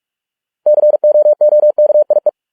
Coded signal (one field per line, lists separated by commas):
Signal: Morse code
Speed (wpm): 46 wpm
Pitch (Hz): 600 Hz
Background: none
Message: COOKIE